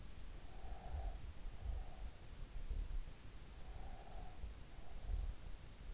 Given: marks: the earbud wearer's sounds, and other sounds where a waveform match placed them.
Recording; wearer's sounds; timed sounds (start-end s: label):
sounds in sleep by an in-ear microphone; breath
0.22-2.64 s: breath
3.45-5.44 s: breath